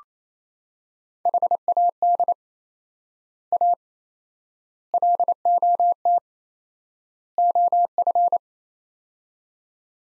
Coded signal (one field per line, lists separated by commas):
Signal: Morse code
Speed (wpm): 27 wpm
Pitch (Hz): 700 Hz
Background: none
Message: HAD A LOT OF